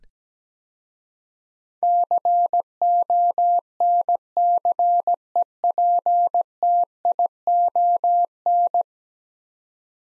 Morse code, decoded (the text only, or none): CONCEPTION